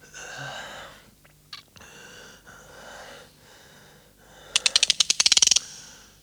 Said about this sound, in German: Das ist das Geräusch, das beim Spannen eines Revolverhahnes entsteht.